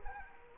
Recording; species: mosquito wingbeat signal from an infrared sensor; Culex quinquefasciatus